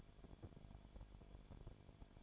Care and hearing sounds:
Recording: daily activity, microphone in the room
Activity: no activity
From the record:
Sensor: 5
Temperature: 19.8 degrees Celsius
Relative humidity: 33.2%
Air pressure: 1001.4 hPa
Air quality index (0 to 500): 32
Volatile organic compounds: 1 ppm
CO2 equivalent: 526 ppm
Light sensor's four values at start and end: 2/3/1/1 and 2/3/1/1

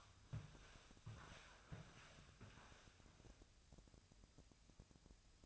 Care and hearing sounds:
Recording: daily activity, microphone in the room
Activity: walk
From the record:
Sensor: 2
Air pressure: 1000.3 hPa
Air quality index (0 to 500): 162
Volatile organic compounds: 3 ppm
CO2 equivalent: 1357 ppm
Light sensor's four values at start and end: 14/35/14/16 and 15/41/16/18

